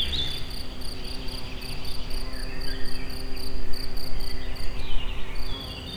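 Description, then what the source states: Insects stridulating in rapid pulses, a high chirping that carries on through most, over low rumbling background noise. Recorded in nature at very close range, at the Eger tourist house (Egerturistaház).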